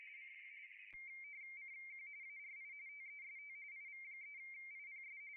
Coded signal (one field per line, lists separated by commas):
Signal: RTTY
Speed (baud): 45.45 baud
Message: CQ CQ ARI TEST IV3IPS